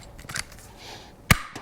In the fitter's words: But ultimately once you finally get it down and it can't take any more tension it'll pop and you'll hear it snap